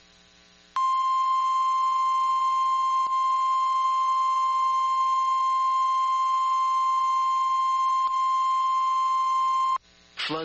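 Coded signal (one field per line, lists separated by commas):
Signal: Emergency Alert System (SAME) tones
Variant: 1050 Hz attention tone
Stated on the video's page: Compilation of real severe weather outbreak alerts from the National Weather Service.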